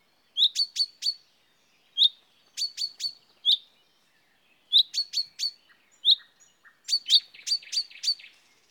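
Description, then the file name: Common chaffinch calling, crisp high 'pink' notes delivered in clusters of one to five, with short pauses between clusters. "Fringilla coelebs"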